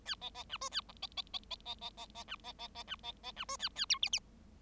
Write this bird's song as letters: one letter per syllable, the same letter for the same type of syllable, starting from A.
A B B C D A E B B B B B B B B C B B B C B B C D A A F G G